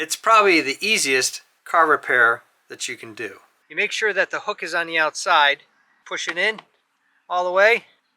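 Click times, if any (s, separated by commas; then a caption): none. Someone talks while a new plastic sunshade hook clip holder is handled, hook facing outward, and pushed into its mount in the car's window trim by hand. Only speech with short pauses is heard; nothing has seated or clicked yet.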